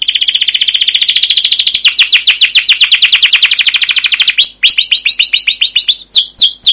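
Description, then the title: Canary song: a rapid high trill slowing into sweeping repeated notes, then quick bouncing upslurred notes, continuous and loud. Canary song used as a lure (pancingan) for training other canaries; described as gacor, long rolling song (ngerol) with cuit cuit notes. "CUIT CUIT NGEROL LANGSUNG GACOR PANJANG Kenari Ini AMPUH Utk Pancingan KENAR. Masteran Suara Burung Kenari Gacor Panjang cuit cuit Ngerol untuk Pancingan Kenari!"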